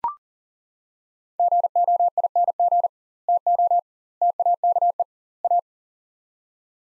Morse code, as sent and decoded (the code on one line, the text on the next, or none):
--. --- .. -. --. / - --- / - .- -.- . / .-
GOING TO TAKE A